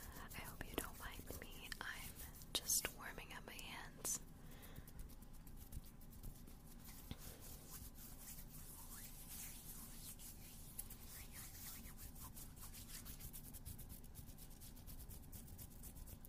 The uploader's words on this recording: Ear Cleaning With Odd Objects. Tonight, I perform another ear cleaning, but this time with a bunch of odd sounding objects.